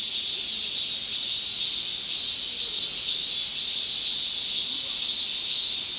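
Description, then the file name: Cicada chorus-like drone, a high, steady electric buzz that never breaks, with slight swells in loudness. "mushi cicada"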